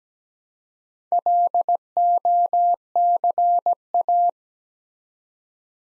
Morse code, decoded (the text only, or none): LOCA